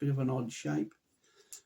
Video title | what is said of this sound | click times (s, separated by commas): OUT OF THE SHOWER FRAGRANCES | and i say the atomizer the tell you the cap clicks into place like this | 1.5 s